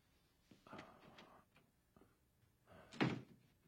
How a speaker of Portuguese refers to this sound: Encoste a porta.